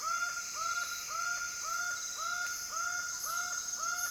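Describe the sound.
Laughing falcon giving a steady series of hoarse, slightly rising wah notes, about two per second, over a constant high drone.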